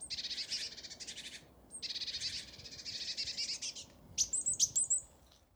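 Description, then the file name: Great tit churring calls: two long, harsh buzzy rattles, then a few thin, high, sharp notes near the end. "Parus major"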